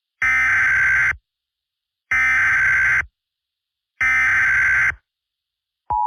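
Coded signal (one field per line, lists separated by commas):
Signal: Emergency Alert System (SAME) tones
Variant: header bursts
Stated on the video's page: Fictional scenario, not a real alert.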